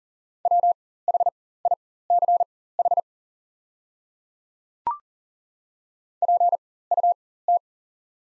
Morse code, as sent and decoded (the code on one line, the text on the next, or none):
.-- .... .. -.-. .... / .--. ..- -
WHICH PUT